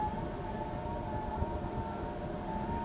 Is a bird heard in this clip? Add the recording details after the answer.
no. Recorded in pastures near Pivijay, Magdalena, Colombia, on 14 April 2023 at 20:30. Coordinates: 10.456, -74.369. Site P6-G026